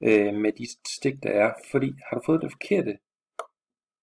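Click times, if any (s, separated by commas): 3.4 s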